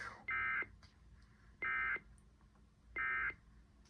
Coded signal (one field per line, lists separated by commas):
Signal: Emergency Alert System (SAME) tones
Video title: EAS ALERTS 5881-5893 FROM 06/17/24